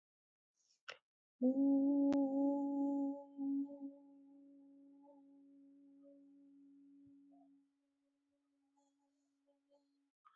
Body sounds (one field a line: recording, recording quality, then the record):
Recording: sustained vowel as in boot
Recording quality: excellent, no background noise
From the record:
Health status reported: healthy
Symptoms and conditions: none ticked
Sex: female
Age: 23 years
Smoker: not ticked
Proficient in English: yes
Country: India